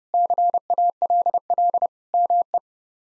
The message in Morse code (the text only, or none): CALL ME